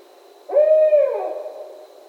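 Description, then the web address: Barred owl with one lone hoot that starts abruptly, stays even, then droops downward and dies away; nothing else audible. Recorded on 17 October 2011. "Barred Owl 2011 10 17"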